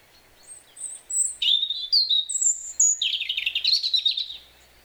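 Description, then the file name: European robin delivering a varied phrase of high, thin whistled notes and sweet slurs that runs into a fast, scratchy, trilling flourish before fading. "Erithacus rubecula"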